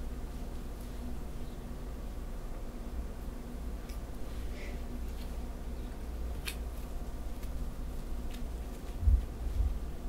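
Soft back scratching and fabric sounds sit over a steady low hum. Faint brushing strokes come and go every second or two, with a sharper scrape around six and a half seconds. Two dull bumps land near the end.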